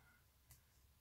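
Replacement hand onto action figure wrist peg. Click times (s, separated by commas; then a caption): 0.5 s. A replacement rubber/plastic hand is pushed onto the trimmed wrist peg of a Sol Commander / Sand Infantry Acid Rain action figure and seats with a small pop at 0.5 s. The pop is a brief, soft broadband click over a quiet background, and the hand sits snugly on the peg.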